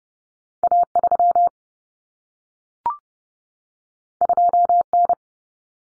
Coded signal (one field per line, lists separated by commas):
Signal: Morse code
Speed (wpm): 30 wpm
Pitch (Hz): 700 Hz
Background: none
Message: A3 2N